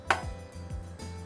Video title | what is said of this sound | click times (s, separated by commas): Zebra - ZE500 Print Engine: How-to Replace the Drive Belt | Position the peel roller and press until you hear it click. | 0.1 s